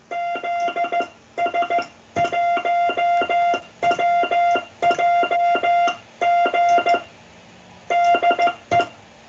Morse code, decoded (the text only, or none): ZS1WJG DE